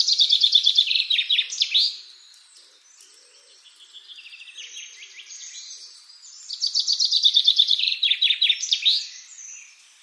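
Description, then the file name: Common chaffinch song: two strophes of quick repeated notes falling in steps to a terminal flourish, separated by softer twittering. "Fringilla coelebs"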